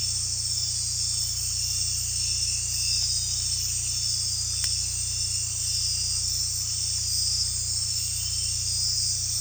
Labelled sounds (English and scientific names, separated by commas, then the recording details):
none
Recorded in dense forest near Puerto Asís, Putumayo, Colombia, on 16 December 2024 at 00:30
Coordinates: 0.467, -76.328
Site GP05